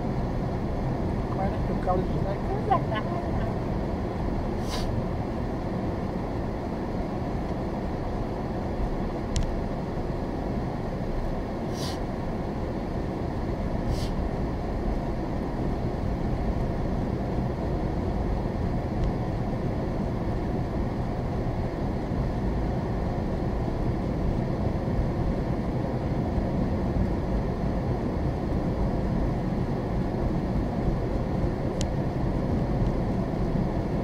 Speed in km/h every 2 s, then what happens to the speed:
26, 21, 19, 19, 18, 16, 18, 19, 24, 26, 24, 26, 29, 32, 32, 34, 34.
0-11 slows to 16. 11-17 speeds up to 26. 21-25 speeds up to 32. 25-34 steady at about 32.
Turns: none.